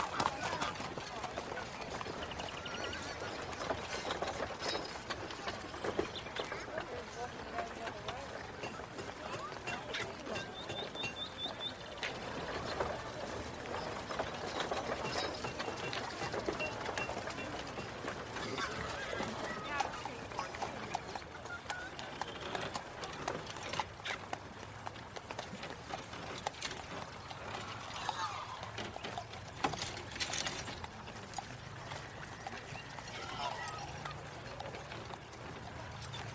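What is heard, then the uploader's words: A medieval street scene with a horse-drawn carriage: a steady clatter of hooves and wheels runs throughout with many quick, irregular knocks. Voices murmur underneath, and the density stays even for the whole clip, easing slightly toward the end. Medieval life ASMR Ambience. Carriage.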